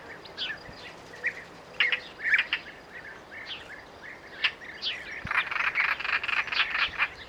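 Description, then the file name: European roller uttering scattered rough croaks that build into a dense, buzzy burst of harsh calling near the end. "szalakota hangja"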